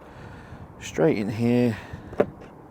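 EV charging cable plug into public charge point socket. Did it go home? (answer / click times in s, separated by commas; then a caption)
yes / 2.2 s. Someone talks while an EV charging cable plug from a motorhome is pushed straight into a public charge point socket. A sharp click is heard at 2.2 s as the plug seats, and the charger then turns green to show it is charging.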